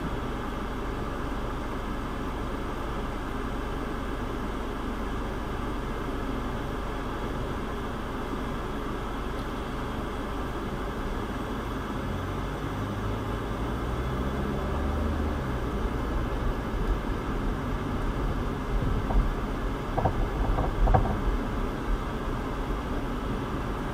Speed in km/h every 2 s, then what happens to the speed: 0, 0, 0, 0, 2, 3, 11, 23, 26, 27, 26, 23.
0-9 standing. 9-15 pulls away to 26. 15-21 steady at about 26.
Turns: none.